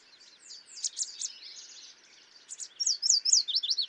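Yellow warbler: small songbird singing high, slurred notes, soft at first and then a louder quick run at the end, with background bird chirps.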